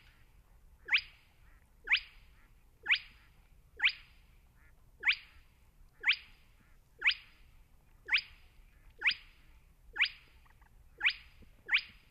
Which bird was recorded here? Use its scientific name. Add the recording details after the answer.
Porzana porzana. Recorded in the wild. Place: Schwedt/Oder, Nationalpark Unteres Odertal, Brandenburg, DE. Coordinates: 53.1386, 14.3655. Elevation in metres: 1. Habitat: wetland. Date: 2015-04-22 21:56. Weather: clear, 6°C, almost windless. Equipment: Sound Devices 702, Sennheiser MKH 70, Rycote Windschutz. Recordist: Frommolt, Karl-Heinz. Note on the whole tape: Polder 10, zwischen Welsensee und Unteren Welse: Rufe eines Tüpfelsumphuhnes. Von dem Tier wurde auch eine Langzeitaufnahme erstellt